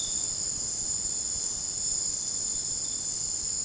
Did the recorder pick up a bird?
no